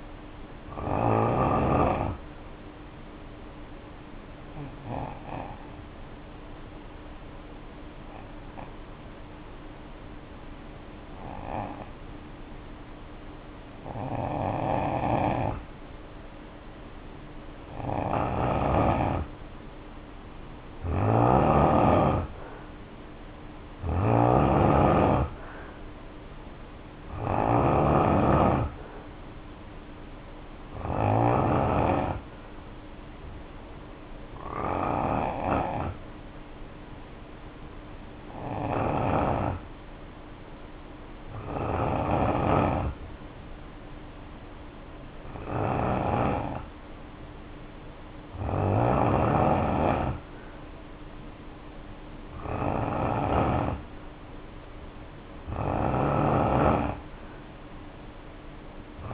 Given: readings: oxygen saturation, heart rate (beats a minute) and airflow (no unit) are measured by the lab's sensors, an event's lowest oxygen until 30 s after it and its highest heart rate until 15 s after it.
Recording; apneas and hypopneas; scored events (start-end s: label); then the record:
breathing in sleep by a voice recorder at the bedside; 2
3.00-16.80 s: hypopnea (N2, oxygen 94% highest, then 86% lowest, heart rate 64 at the start, 66 highest)
32.00-45.30 s: hypopnea (N2, oxygen 93% highest, then 90% lowest, heart rate 62 at the start, 63 highest)
From the record:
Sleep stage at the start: N2 (light sleep); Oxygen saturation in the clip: 82 to 94%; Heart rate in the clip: 57 to 69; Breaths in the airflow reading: 16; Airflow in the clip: -2.3 to 2.8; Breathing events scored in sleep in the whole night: 520 in 7.2 hours asleep